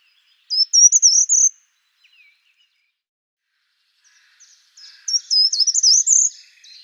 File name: certhia brachydactyla